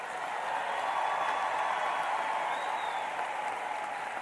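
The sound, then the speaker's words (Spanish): Steady, dense applause and cheering from an audience for Fidel fills the whole stretch, a continuous wash of clapping with a faint whistle-like cheer rising briefly near the end, no speech over it. “Vamos a enviarle un aplauso a Fidel y una bulla.”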